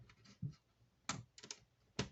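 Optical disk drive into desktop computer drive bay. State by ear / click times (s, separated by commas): not seated / none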